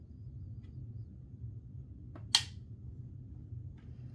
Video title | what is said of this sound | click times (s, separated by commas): Levoit LVAC-200 Cordless Stick Vacuum – How To Remove, Empty, & Install The Dust Bin | There we go. I heard the button here. I heard it click into place. | 2.4 s